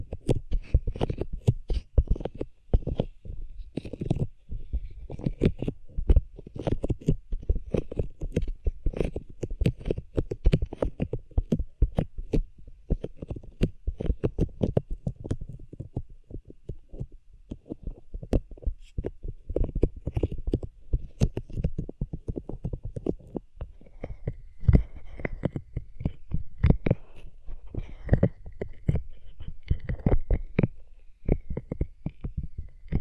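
Hands rub over ears in quick, dense strokes, a constant muffled scrubbing and thudding that stays heavy in the low end. The rubbing continues without pause, with occasional sharper crackles. From around 25 seconds, a faint high squeaky tone surfaces intermittently.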